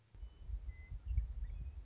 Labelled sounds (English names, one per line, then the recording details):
Western Meadowlark
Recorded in Sonoma County, California